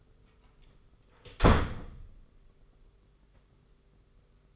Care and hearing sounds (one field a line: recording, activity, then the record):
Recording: daily activity, microphone in the room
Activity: close door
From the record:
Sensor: 4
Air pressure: 991.3 hPa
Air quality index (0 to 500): 134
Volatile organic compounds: 49 ppm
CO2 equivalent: 3276 ppm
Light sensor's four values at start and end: 13/33/13/14 and 9/21/8/9